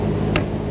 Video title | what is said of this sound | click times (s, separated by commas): How to Replace Fuel Pump 2007-2014 Chevrolet Silverado 2500 HD | There we go. That's a click. | 0.4 s